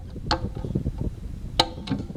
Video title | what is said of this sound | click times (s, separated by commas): How to repair LEAKY TOILET FLAPPER VALVE Ghost Flush or Fill DIY Home Repair | then with that popped off then this will just pop into place | 0.3 s, 1.6 s